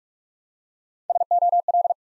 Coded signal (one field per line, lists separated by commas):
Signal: Morse code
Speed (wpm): 44 wpm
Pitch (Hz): 700 Hz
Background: none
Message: SOL